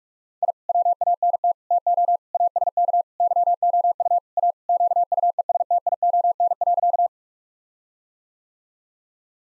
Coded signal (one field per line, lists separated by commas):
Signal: Morse code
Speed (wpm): 46 wpm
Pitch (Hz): 700 Hz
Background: none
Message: I WANT TO ASK YOU A QUESTION.